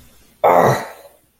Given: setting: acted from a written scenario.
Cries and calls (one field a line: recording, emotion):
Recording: vocal sound without words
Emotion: anger